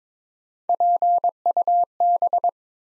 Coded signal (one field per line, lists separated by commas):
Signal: Morse code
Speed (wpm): 23 wpm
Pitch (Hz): 700 Hz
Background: none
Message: PUB